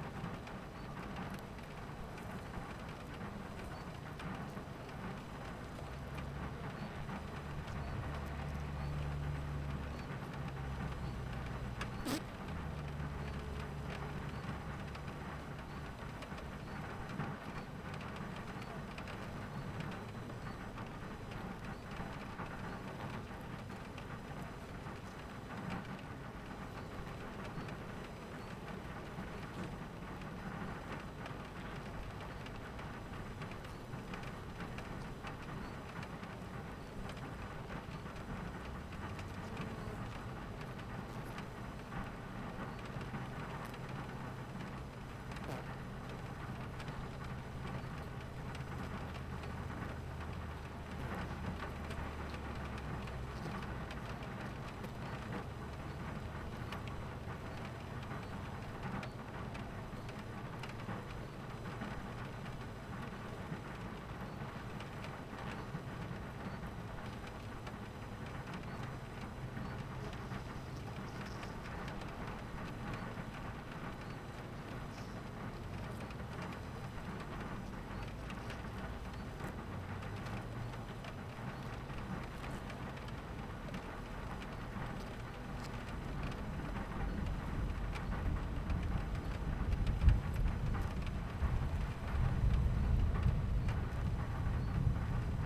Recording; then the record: honeybee colony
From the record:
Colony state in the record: missing queen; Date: 14 July 2017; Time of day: 11:45